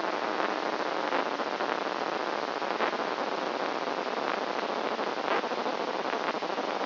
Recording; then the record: brain microelectrode recording played as sound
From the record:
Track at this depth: inside the subthalamic nucleus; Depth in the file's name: 3.902 mm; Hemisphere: left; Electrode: 2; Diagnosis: Parkinson's disease